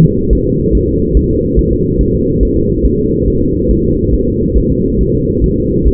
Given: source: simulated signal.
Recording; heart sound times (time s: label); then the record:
fetal heart sounds
0.05 s: S2
0.33 s: S1
0.47 s: S2
0.75 s: S1
0.89 s: S2
1.17 s: S1
1.31 s: S2
1.59 s: S1
1.73 s: S2
2.01 s: S1
2.15 s: S2
2.43 s: S1
2.57 s: S2
2.86 s: S1
3.00 s: S2
3.28 s: S1
3.42 s: S2
3.71 s: S1
3.85 s: S2
4.14 s: S1
4.29 s: S2
4.58 s: S1
4.72 s: S2
5.01 s: S1
5.15 s: S2
5.44 s: S1
5.58 s: S2
5.87 s: S1
From the record:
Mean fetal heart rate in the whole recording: 140 bpm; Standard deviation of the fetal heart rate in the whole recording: 2 bpm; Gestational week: 34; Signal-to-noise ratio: -14.7 dB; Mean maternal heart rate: 72 bpm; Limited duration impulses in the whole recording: present